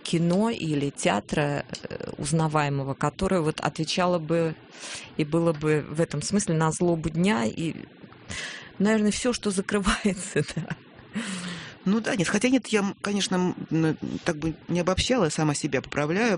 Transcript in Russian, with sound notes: кино или театра узнаваемого, которое бы отвечало бы и было бы в этом смысле на злобу дня. И наверное все, что закрывается (смеется)
Ну да. Хотя нет, я конечно как бы не обобщала, сама себя поправляю.